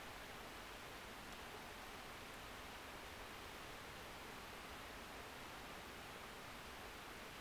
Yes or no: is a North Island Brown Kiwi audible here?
no